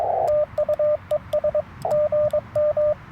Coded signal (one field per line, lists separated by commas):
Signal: Morse code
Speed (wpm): 23 wpm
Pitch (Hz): 1200 Hz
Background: radio noise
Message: TU ES GM